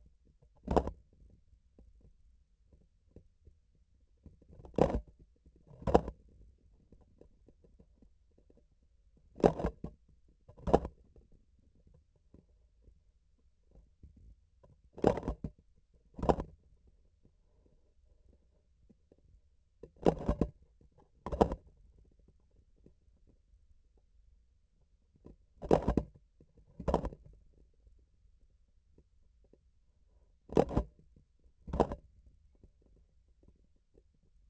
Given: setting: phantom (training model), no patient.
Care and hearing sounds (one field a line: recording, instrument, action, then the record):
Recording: laparoscopic instrument, vibration sensor on the handle end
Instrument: grasping forceps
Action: opening and closing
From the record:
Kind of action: tool actuation without material contact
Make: other than Olympus